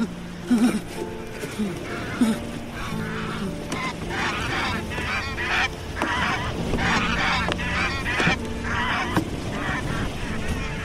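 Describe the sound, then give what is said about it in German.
A flock of geese honks repeatedly in overlapping, nasal calls, loud and continuous throughout, with a low steady rumble underneath and some voices mixed in. “Gegen Nachmittag müssten wir Obehol sichten, sagen die Gänse.”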